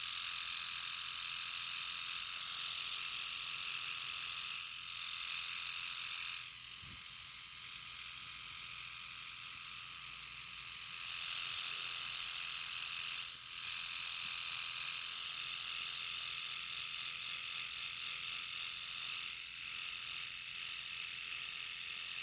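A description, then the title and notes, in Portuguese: A hair clipper hums steadily through the whole stretch, a bright, dense buzz with a high whine on top and little low end. Its tone stays even, with brief dips or shifts around five, seven, thirteen and twenty seconds as it moves. ASMR BARBEARIA.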